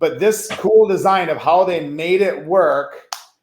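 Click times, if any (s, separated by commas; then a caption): none. A molded plastic clip on a living hinge is being handled as it closes onto its plastic holder body to form a belt loop. Someone talks throughout, followed by a brief sharp tick near 3.1 s as the voice stops. The clip has not snapped shut yet, so nothing has seated or clicked.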